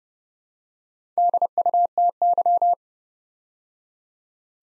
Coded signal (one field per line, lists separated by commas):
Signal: Morse code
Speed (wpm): 30 wpm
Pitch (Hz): 700 Hz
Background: none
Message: DUTY